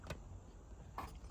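The two spring clamps on the plastic air filter box lid of a 2019 Toyota C-HR 1.2 petrol engine are snapped shut after the new filter is fitted. Two short, sharp snaps sound at 0.1 s and 1.0 s, and the lid is clamped down and seated.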